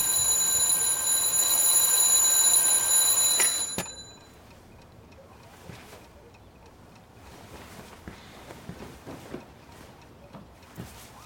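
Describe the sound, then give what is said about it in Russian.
An alarm clock rings loudly at home with a harsh, high-pitched, steady electronic tone for about four seconds, then cuts off abruptly, leaving quiet rustling and faint movement sounds. “Господи, какой же противный звук.”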